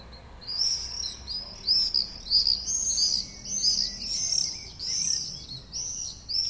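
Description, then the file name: Common swifts screaming, a rapid series of shrill, buzzy high trills from several birds, repeated over and over. Calls recorded on 6 June 2014. "Mauerseglerrufe MS 06-06-2014"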